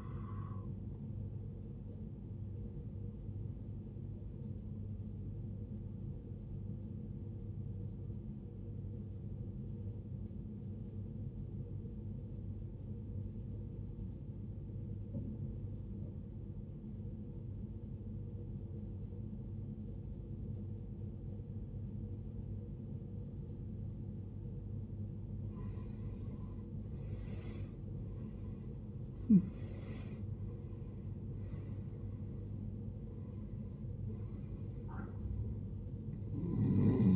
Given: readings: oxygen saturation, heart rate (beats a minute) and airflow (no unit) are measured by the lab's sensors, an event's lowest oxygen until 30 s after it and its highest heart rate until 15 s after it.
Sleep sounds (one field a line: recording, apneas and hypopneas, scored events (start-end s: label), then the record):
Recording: breathing in sleep by a smartphone at the bedside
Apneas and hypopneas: 1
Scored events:
6.00-27.70 s: obstructive apnea (N1, oxygen 95% highest, then 81% lowest, heart rate 64 at the start, 81 highest)
From the record:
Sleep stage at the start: N1 (lightest sleep)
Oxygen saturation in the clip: 79 to 95%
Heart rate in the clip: 60 to 81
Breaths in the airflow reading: 4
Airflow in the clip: -17.2 to 16.4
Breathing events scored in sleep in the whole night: 389 in 6.3 hours asleep